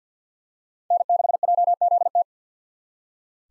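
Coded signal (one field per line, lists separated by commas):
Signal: Morse code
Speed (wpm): 47 wpm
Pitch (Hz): 700 Hz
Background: none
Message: N6JZT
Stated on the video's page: Common SOTA chaser call signs at 50 wpm for head-copy practice.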